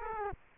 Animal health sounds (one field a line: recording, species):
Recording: mosquito wingbeat signal from an infrared sensor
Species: Culex quinquefasciatus